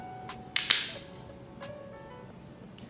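A separate 3D-printed antenna socket is slid along the dovetail slot of a 3D-printed FPV drone frame and snapped into place. Two sharp, loud, short clicks ring out at 0.6 s and 0.7 s, with a faint tap before them and another near the end over a quiet background. The socket is seated in the frame.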